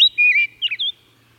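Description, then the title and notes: Rose-breasted grosbeak singing a brief burst of clear, looping whistled notes, a few slurred syllables in under a second, then quiet. "Rose-breasted Grosbeak. Macaulay Library at Cornell Lab of Ornithology"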